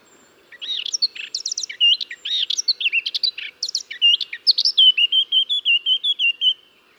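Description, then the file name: Eurasian blackcap song: a busy, varied warble of chirps and twittering, ending in a steady row of clear whistled notes. "Sylvia atricapilla"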